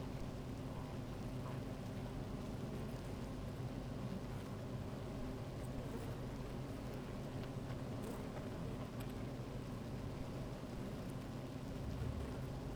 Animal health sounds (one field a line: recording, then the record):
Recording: honeybee colony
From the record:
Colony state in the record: active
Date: 28 July 2017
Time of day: 16:24